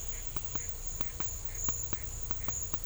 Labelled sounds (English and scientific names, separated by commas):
none